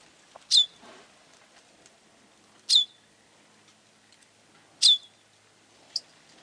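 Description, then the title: Bird uttering a high, quickly falling note about every two seconds, three full notes and a shorter fourth, with faint clicks. "LuckyPassaro Completos2Sama"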